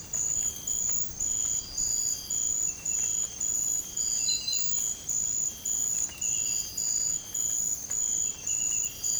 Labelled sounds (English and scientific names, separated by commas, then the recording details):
none
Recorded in dense forest near Puerto Asís, Putumayo, Colombia, on 30 June 2025 at 05:30
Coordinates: 0.503, -76.323
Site G059